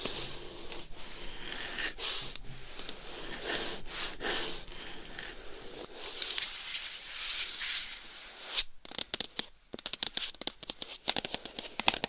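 Scratching and tapping on various items, a dense, bright rasp with steady grainy texture for the first eight seconds, punctuated by brief louder strokes. After about eight and a half seconds it breaks into sharp, irregular taps and clicks with short silences between them.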